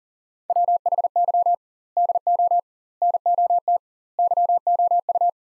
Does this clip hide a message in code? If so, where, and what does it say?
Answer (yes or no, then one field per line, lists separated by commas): yes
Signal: Morse code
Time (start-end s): 0.5-5.3 s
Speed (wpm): 40 wpm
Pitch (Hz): 700 Hz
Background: none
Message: WHY DO NOT YOU